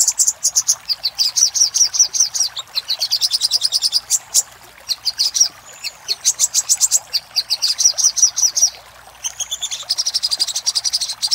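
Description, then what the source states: Little spiderhunter song: sustained rapid series of high, sharp notes in long bursts, broken by brief pauses. For training cage birds; Indonesian name sogok ontong, labelled labaik.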